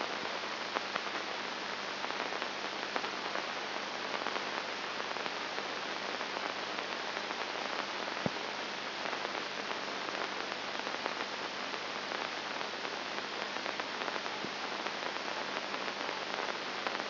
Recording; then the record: brain microelectrode recording played as sound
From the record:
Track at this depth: inside the subthalamic nucleus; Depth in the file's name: 0.508 mm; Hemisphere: left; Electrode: 2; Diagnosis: Parkinson's disease